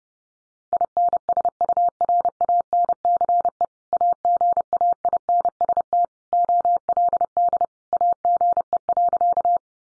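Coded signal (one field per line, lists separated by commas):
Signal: Morse code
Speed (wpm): 30 wpm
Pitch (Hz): 700 Hz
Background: none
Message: INSURANCE AGAINST OLD AGE.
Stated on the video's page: Practice sentences from the top 1100 words sent in Morse at 30 wpm, each sent twice for head-copy training.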